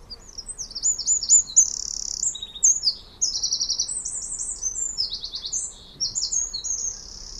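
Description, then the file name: Eurasian wren singing in high, piercing phrases of quick trills and rapid notes, with brief pauses between bursts. "Troglodytes troglodytes"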